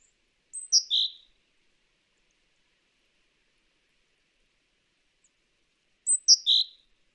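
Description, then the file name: Great tit call phrase of sharp high notes sliding down into a lower buzzy note, repeated after a long silent gap of roughly five seconds. "Parus major"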